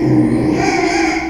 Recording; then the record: squeal of a Yucatan mini pig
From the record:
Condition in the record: after surgery on the right vocal fold (resection and tissue-engineered implant); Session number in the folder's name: 2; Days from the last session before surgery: 13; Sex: male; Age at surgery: 12 weeks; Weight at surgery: 13 kg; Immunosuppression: cyclosporine, prednisolone